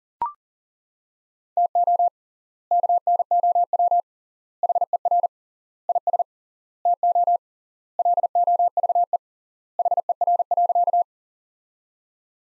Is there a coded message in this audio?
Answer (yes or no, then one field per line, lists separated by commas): yes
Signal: Morse code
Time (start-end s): 1.6-11.0 s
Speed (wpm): 37 wpm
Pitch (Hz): 700 Hz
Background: none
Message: TO KNOW HER IS TO LOVE HER.